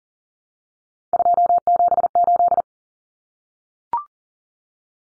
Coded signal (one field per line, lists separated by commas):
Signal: Morse code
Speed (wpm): 40 wpm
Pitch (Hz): 700 Hz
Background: none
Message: 278